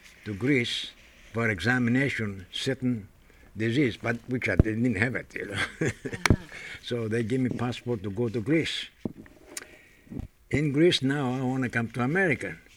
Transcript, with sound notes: to Greece for examination, certain disease, but I didn't even have it, you know. ( he laughs ) So they give me passport to go to Greece. In Greece now I want to come to America.